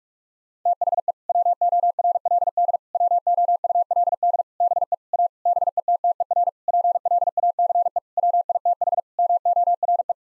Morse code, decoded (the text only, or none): THE WORLD WOULD BE A BETTER PLACE WITH MORE